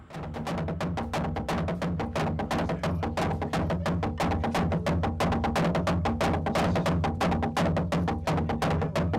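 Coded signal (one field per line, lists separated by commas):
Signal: drum signal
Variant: garamut slit drums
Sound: fast continuous pounding on deep wooden slit drums, several strokes per second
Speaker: as the sun sets, the enormous Garamuts announce the start of the ceremony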